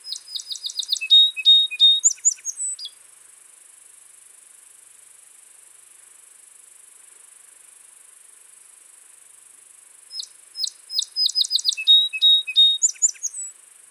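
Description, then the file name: Song sparrow giving two song phrases about ten seconds apart, each with rapid sharp notes, level whistles and a twittered end, separated by quiet. "Melospiza melodia - Song Sparrow"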